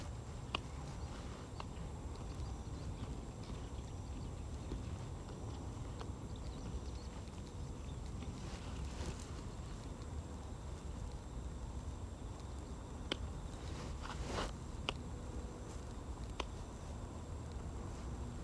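Weeding a carrot patch at dusk, pulling grass by hand and snipping the bigger stems with scissors. A steady low rustle runs throughout, broken by sharp clicks and snips scattered irregularly, with a brief louder scraping burst around fourteen seconds.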